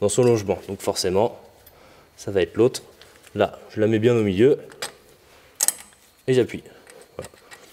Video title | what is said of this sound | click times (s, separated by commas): TUTO Remplacement plaquettes et disques de frein avant 107/C1/Aygo | j'appuie tout simplement ça se clipse rien de plus simple | 7.2 s